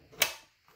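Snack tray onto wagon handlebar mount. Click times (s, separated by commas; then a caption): 0.2 s. A plastic snack tray for an Evenflo Pivot Xplore stroller wagon is aligned on the center piece of the handlebar mount and pushed down. It clicks into place at 0.2 s with a sharp snap, followed by a faint tap around 0.7 s. The tray is seated, clicking in on both sides.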